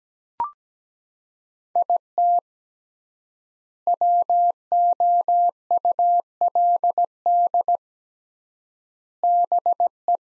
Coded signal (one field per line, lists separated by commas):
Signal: Morse code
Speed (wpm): 17 wpm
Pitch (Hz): 700 Hz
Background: none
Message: IT WOULD BE